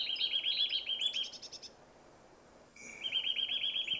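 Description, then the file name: Eurasian nuthatch giving a fast, even trill of clear piping notes, then again after a short pause; a thinner high series overlaps briefly. "Sitta europaea"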